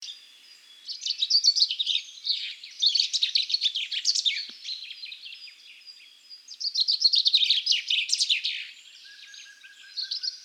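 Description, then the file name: Common chaffinch song, long phrases of fast repeated notes, heard twice with softer chatter between and a short trill near the end. "Fringilla coelebs"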